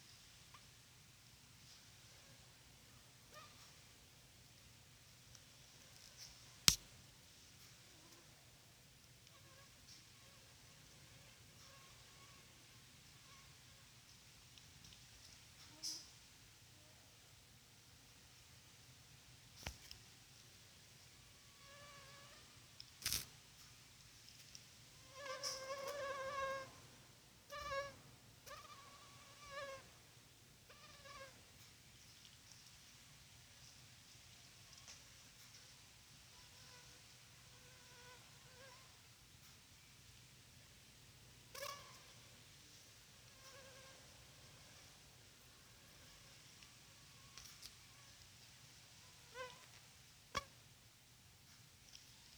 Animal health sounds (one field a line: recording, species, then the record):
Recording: mosquito flight sound by mobile phone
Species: Culex pipiens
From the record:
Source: SanMateoVCD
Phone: Sony Xperia